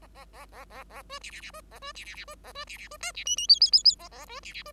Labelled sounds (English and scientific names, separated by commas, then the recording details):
Bengalese Finch (Lonchura striata domestica) song
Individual Bird5